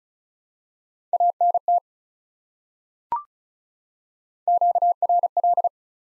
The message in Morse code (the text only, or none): ANT QRL